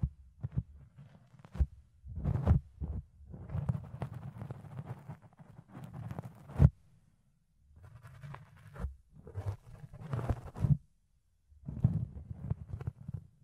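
Fluffy ear cleaning and picking: soft, muffled rubbing and brushing sounds come in bursts, thudding low with crackly, scratchy detail on top. Sharp clicks and pops punctuate the strokes around 1.5, 6.7 and 9 seconds, with short silent gaps between passes.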